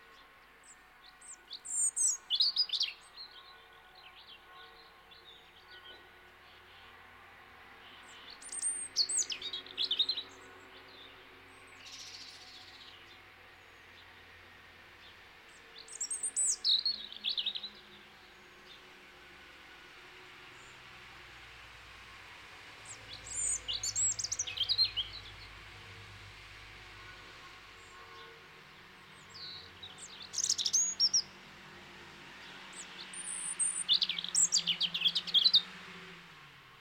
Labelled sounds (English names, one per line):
European Robin song